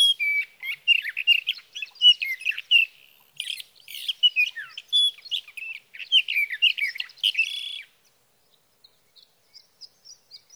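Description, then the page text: Sage thrasher song: about eight seconds of rapid varied warbling, then near silence with a few faint high notes. Male singing through the night near his night roost, Sierra Valley, California, evening of June 12 to morning of June 15, 2018; recorded with a Swift recorder. "61. Sage thrasher songs, through the night. For three nights, from the evening of June 12 to the morning of June 15, 2018, in Sierra Valley, California, I placed a Swift recorder near a male's night roost."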